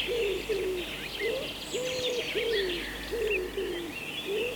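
Wood pigeon coos: several low hollow notes with slight rises and falls, while other small birds twitter and sing higher above.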